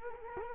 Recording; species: mosquito wingbeat signal from an infrared sensor; Culex quinquefasciatus